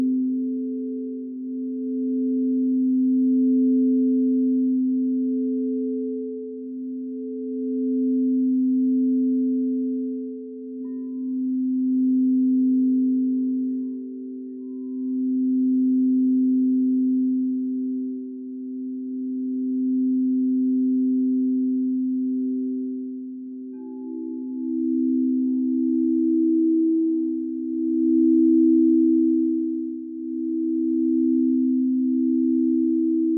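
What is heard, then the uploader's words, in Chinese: A singing bowl hums steadily for the whole stretch, a low, pure drone with a softer overtone above it, swelling and fading in slow waves every few seconds. Around ten and twenty-four seconds, faint higher tones briefly ring over the hum. 让脑瓜子嗡嗡的颂钵音疗。颂钵（Singing Bowl）源自喜马拉雅山区，最初是由当地的七种金属及天然矿石手工凿击而成的乐器。通过敲击或摩擦的方式传递声音振动。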